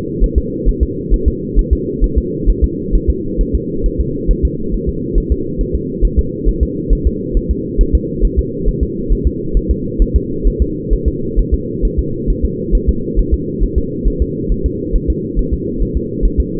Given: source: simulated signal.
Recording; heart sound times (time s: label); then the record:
fetal heart sounds
0.24 s: S1
0.38 s: S2
0.69 s: S1
0.83 s: S2
1.14 s: S1
1.28 s: S2
1.59 s: S1
1.73 s: S2
2.04 s: S1
2.18 s: S2
2.50 s: S1
2.64 s: S2
2.95 s: S1
3.10 s: S2
3.41 s: S1
3.55 s: S2
3.86 s: S1
4.00 s: S2
4.31 s: S1
4.45 s: S2
4.74 s: S1
4.89 s: S2
5.18 s: S1
5.32 s: S2
5.61 s: S1
5.75 s: S2
6.05 s: S1
6.19 s: S2
6.48 s: S1
6.63 s: S2
6.93 s: S1
7.07 s: S2
7.37 s: S1
7.51 s: S2
7.81 s: S1
7.95 s: S2
8.25 s: S1
8.39 s: S2
8.68 s: S1
8.83 s: S2
9.12 s: S1
9.27 s: S2
9.57 s: S1
9.71 s: S2
10.02 s: S1
10.16 s: S2
10.47 s: S1
10.62 s: S2
10.93 s: S1
11.08 s: S2
11.39 s: S1
11.54 s: S2
11.85 s: S1
11.99 s: S2
12.30 s: S1
12.45 s: S2
12.75 s: S1
12.89 s: S2
13.19 s: S1
13.34 s: S2
13.63 s: S1
13.78 s: S2
14.08 s: S1
14.22 s: S2
14.52 s: S1
14.66 s: S2
14.96 s: S1
15.10 s: S2
15.39 s: S1
15.54 s: S2
15.82 s: S1
15.97 s: S2
16.25 s: S1
16.40 s: S2
From the record:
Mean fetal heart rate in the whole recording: 135 bpm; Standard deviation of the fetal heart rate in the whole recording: 3 bpm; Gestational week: 36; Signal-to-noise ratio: -6.6 dB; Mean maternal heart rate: 72 bpm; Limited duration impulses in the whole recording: present